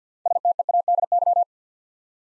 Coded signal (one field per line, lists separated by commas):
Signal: Morse code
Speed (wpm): 48 wpm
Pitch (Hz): 700 Hz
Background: none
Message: STEADY